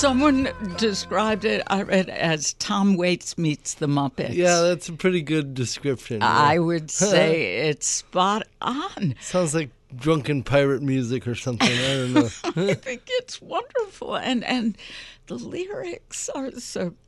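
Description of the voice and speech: An adult talks fluently and casually in a mid-pitched, clear voice with lively intonation, brief natural pauses and a light laugh-like rise. Articulation and rate are ordinary, with no blocks, repetitions or voice roughness. This is typical conversational speech.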